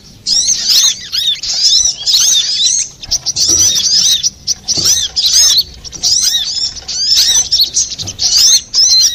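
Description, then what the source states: Little spiderhunter song, high twittering bursts of sharp chirps separated by short gaps. Master recording (masteran) for training cage birds, labelled Labaik.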